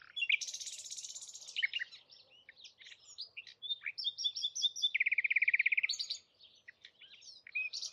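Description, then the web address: Bird song, a continuous rich warble of varied high notes with a fast buzzy trill near the middle and scattered chirps after. "cianscape birddata Deverinetal 2025 Bird Only"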